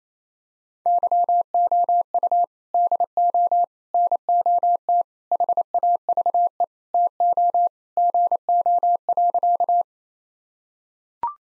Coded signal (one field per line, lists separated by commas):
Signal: Morse code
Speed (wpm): 28 wpm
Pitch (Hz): 700 Hz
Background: none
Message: YOU DO NOT HAVE TO GO.